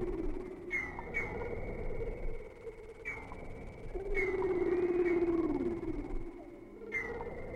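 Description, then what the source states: Whale sounds: sharp repeated clicking pulses with a thin high tone, and a long sliding moan in the middle, over low background rumble. Whale sounds without music, for sleep.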